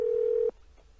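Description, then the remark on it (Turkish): A steady, low-pitched electronic tone sounds for about half a second through a phone receiver and then cuts off, leaving faint line hiss. It is a telephone ringback tone. “Evet, çalıyor.”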